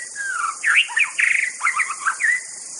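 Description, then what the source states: White-rumped shama song: a rich run of varied whistled and warbled phrases, sliding and looping notes in quick sequence, over a steady high hiss. Wild bird from the forest.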